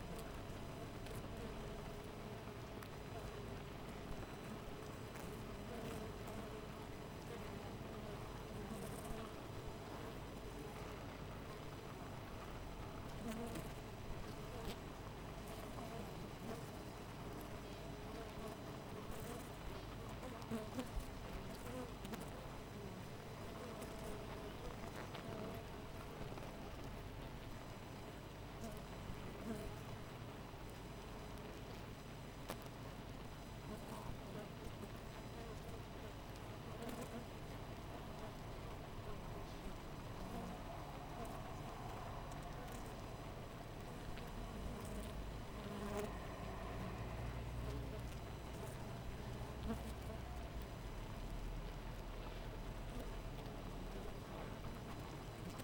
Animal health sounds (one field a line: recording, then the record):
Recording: honeybee colony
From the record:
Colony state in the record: missing queen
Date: 14 July 2017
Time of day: 5:15